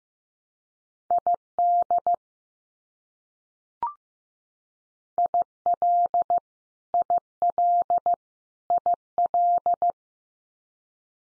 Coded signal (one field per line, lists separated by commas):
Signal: Morse code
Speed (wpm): 15 wpm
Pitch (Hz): 700 Hz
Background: none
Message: ID IL IL IL